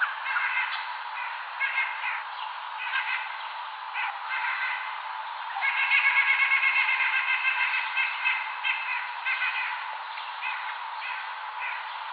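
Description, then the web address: White-breasted nuthatch giving nasal, harmonic calls in quick runs of about four notes a second, with a longer steady burst around the middle. Recorded on 4 February 2007. "White-breasted Nuthatch 2007 02 04"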